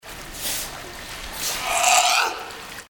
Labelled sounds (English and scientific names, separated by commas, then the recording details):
California Sea Lion (Zalophus californianus)
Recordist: Tembrock, Günter
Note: Prusten und Gurren eines Jungtieres